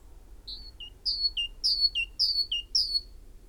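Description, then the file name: Great tit song of falling two-note whistles, a high note then a lower one, repeated about five times in an even rhythm. "Parus major"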